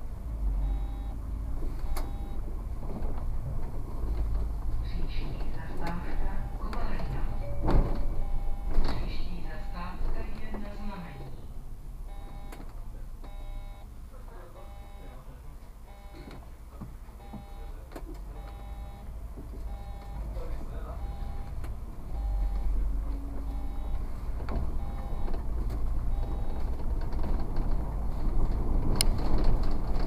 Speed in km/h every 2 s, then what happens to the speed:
9, 18, 22, 22, 19, 14, 8, 0, 0, 1, 16, 18, 21, 27, 32.
1-7 speeds up to 22. 7-14 slows to 0. 14-18 standing. 18-30 pulls away to 32.